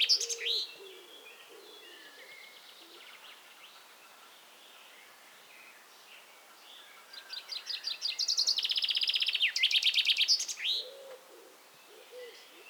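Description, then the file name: Common chaffinch song: a few faint scattered chirps, then a loud, fast trill of repeated notes ending in a flourish. "Fringilla coelebs"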